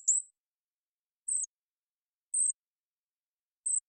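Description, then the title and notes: Golden-crowned kinglet calls: four thin, extremely high, sibilant short notes, widely and fairly evenly spaced, in an otherwise silent background. Recorded on the Olympic Peninsula, North America, where resident, in June 2021; boreal forest species; clean-processed with all background sound and noise removed. "Golden-crowned Kinglet. I happened to record this little fellow on the Olympic Peninsula where they are resident in June of 2021"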